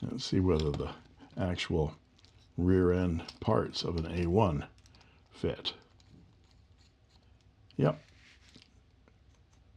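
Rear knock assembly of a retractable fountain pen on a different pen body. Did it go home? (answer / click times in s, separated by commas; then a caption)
no / none. Someone talks while the rear end parts of an A1 retractable fountain pen are fitted onto a Jinhao pen body, followed by a few faint, short ticks and handling sounds. The parts fit, but the knock mechanism does not click, and nothing has clicked into place.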